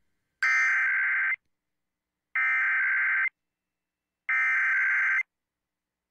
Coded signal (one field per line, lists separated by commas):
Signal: Emergency Alert System (SAME) tones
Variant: header bursts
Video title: An Early Thanksgiving Tests (EAS #23374-23383) 11/20/24